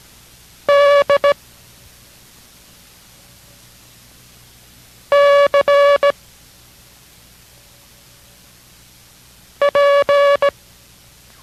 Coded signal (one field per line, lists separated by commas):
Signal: Morse code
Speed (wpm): 17 wpm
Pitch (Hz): 570 Hz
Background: none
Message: D C P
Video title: K6RAU Morse Code Course - 07 / BJ